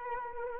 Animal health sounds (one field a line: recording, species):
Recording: mosquito wingbeat signal from an infrared sensor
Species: Anopheles arabiensis